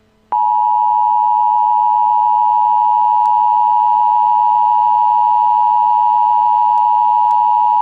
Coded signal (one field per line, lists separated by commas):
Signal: Emergency Alert System (SAME) tones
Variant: 853 and 960 Hz attention tone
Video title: Tornado Warning/Emergency: Raleigh & Cary NC